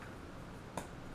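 The bottom piece of a plastic Death Star miniature is pressed onto its other half after a failed attempt. A short, sharp click at 0.8 s marks the pieces snapping together against a steady low background, and the part is seated.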